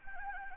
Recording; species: mosquito wingbeat signal from an infrared sensor; Anopheles gambiae